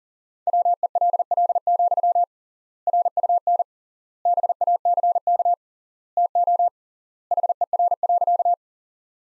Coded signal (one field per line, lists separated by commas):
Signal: Morse code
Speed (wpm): 40 wpm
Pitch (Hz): 700 Hz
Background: none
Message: WELL, RUN BACK TO HER.